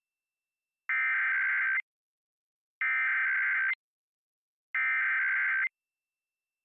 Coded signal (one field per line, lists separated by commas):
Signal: Emergency Alert System (SAME) tones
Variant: header bursts